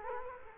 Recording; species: mosquito wingbeat signal from an infrared sensor; Culex quinquefasciatus